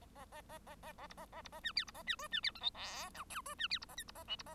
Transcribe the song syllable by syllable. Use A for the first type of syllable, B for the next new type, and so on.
A A A A A A B A A B A C D B A C E C D F G H I J E C D B A K B A L B A